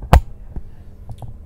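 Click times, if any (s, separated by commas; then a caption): 0.1 s. An XLR cable from the output of a Shure SCM268 4-channel microphone mixer is plugged into channel one of a Zoom H4n Pro handheld recorder. The XLR latch snaps home with a sharp click at 0.1 s, and then a few faint taps and handling noises follow. The connector is seated.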